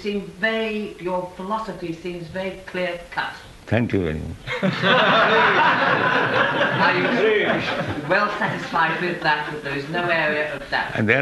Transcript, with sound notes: You seem very... Your philosophy seems very clear-cut.
Thank you very much. [laughter]
Are you well satisfied with that, that there is no area of doubt?